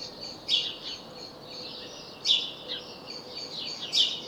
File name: Passer domesticus